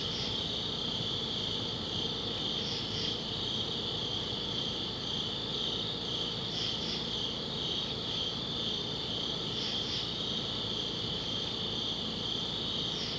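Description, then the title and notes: Cricket chorus as an unbroken high trill, with brief double chirps standing out every few seconds over a low background hum. Crickets outdoors at a summit at dusk. "Ext. Summit Crickets, Dusk by Bandeto"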